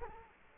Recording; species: mosquito wingbeat signal from an infrared sensor; Culex quinquefasciatus